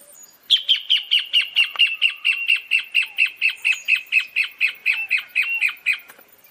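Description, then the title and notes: Pale-legged hornero giving a fast, even series of about twenty sharp piping notes, ending abruptly. "Furnarius leucopus. Áudio do pio do casaca-de-couro-amarelo"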